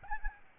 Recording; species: mosquito wingbeat signal from an infrared sensor; Aedes albopictus